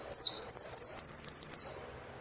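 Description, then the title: Saffron finch singing bright, sliding chirps that run straight into a rapid, even trill before stopping abruptly. "Jilguero Argentino"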